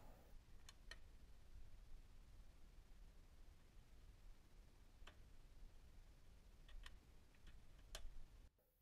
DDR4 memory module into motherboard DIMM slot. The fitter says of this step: the sticks in until you hear the click and the locks spring back into the place on their own now